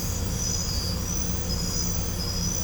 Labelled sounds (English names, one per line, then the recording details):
none
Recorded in pastures near Puerto Asís, Putumayo, Colombia, on 16 December 2024 at 21:00
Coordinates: 0.505, -76.324
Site G063